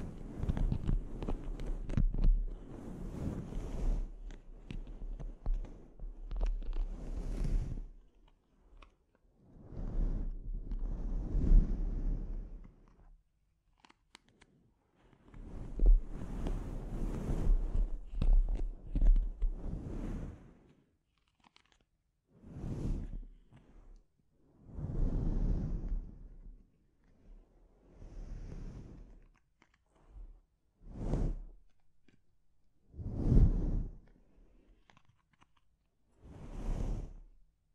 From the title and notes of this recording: ASMR Sleep Inducing Scalp Treatment (No Talking).